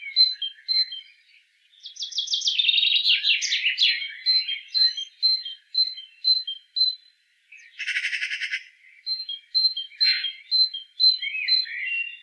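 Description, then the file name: Great tit calls: a loud buzzy churring rattle early on, a short burst of harsh noise midway, and rows of thin high repeated notes throughout. "Parus major"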